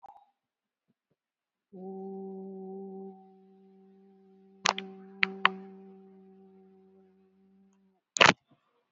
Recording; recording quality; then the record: sustained vowel as in boot; moderate, slight background noise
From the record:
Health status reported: healthy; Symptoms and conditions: breathing difficulty, hypertension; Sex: female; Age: 73 years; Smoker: no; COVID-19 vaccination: both doses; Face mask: worn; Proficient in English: yes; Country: India